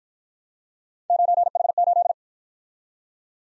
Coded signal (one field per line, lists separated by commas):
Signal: Morse code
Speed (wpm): 53 wpm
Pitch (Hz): 700 Hz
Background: none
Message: 9H8